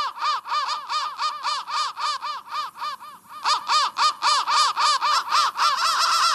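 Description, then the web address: Crow producing rapid rasping caws, nearly four each second, briefly softer in the middle before resuming loudly. "soundfactory crow"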